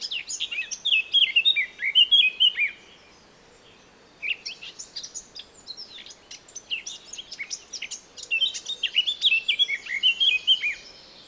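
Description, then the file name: Eurasian blackcap song: two bouts of twittering and rich warbling, separated by a pause. "Sylvia atricapilla"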